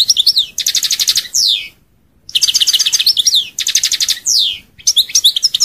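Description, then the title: European goldfinch song with rapid twittering notes alternating with buzzy trills and a sweeping downslurred note, in phrases split by short gaps. "Chant Chardonneret"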